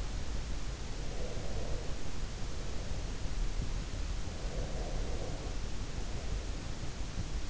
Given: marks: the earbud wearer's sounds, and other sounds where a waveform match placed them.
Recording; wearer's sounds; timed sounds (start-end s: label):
sounds in sleep by an in-ear microphone; breath
1.01-3.35 s: breath
4.39-6.86 s: breath